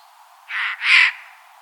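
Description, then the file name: Eurasian jay uttering a single raspy double screech, the second part louder and more drawn out. "Garrulus glandarius"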